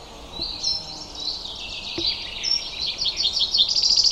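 Bird twittering, with a dense stream of high chirps and short whistles building steadily toward the end, plus a couple of faint clicks.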